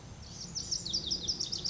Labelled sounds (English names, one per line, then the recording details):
Lazuli Bunting
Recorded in Sonoma County, California